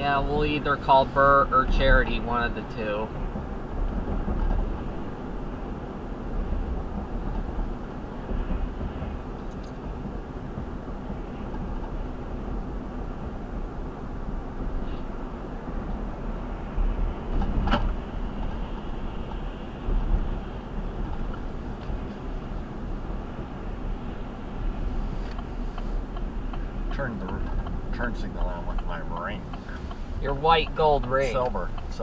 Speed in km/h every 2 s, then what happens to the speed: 71, 68, 64, 63, 63, 61, 61, 60, 58, 56, 55, 53, 48, 42, 34, 29.
0-32 slows to 29.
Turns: none.